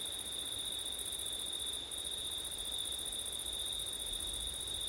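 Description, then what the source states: Cricket: continuous high song in two layers, the top one dropping out for a moment, over a low steady wind rush. Crickets recorded on a September night with wind.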